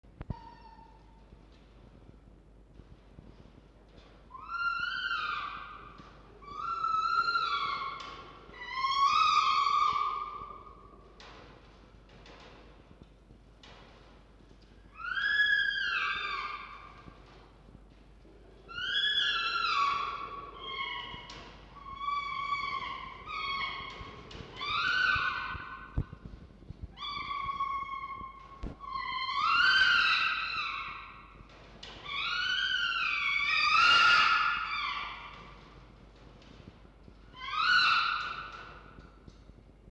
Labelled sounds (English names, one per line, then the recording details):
Red Fox
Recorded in captivity
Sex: pair
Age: adult
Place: Zoologisches Institut der HUB, Berlin, DE
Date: 1952-05-13 15:55
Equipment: Elmetra
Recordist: Tembrock, Günter
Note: Fiffi: Kreischen; Jupp (dazwischen): Muffen (ohne Fleisch)